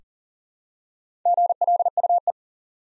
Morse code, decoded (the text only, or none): GLUE